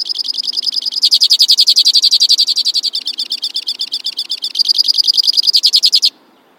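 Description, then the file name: White-winged crossbill giving one unbroken six-second trill of rapid high notes, switching rhythm and tone several times before stopping abruptly. "suara kicauan burung white winged crossbill. omkicau"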